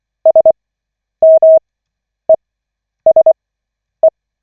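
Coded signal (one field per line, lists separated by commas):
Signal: Morse code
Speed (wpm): 24 wpm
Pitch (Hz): 640 Hz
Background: none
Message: SMESE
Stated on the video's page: Koch method Morse practice session from the LCWO.net website, lesson 5 of 40.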